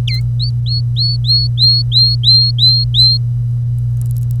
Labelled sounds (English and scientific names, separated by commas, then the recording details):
Domestic Canary (Serinus canaria) song
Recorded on 25 April 2018 at 08:07
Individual llb3